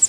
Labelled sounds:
Pine Warbler (Setophaga pinus) flight call

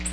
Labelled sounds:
Black-throated Blue Warbler (Setophaga caerulescens) flight call

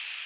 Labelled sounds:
Tennessee Warbler (Leiothlypis peregrina) flight call

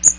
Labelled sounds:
Magnolia Warbler (Setophaga magnolia) flight call

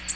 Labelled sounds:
American Redstart (Setophaga ruticilla) flight call

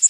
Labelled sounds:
Yellow Warbler (Setophaga petechia) flight call

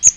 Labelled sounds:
Magnolia Warbler (Setophaga magnolia) flight call

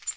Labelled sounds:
Black-throated Green Warbler (Setophaga virens) flight call

